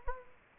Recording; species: mosquito wingbeat signal from an infrared sensor; Culex quinquefasciatus